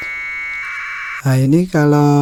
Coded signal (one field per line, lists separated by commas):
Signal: packet radio (AX.25, as in APRS)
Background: speech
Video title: Setting aprsdroid via digipiter satellite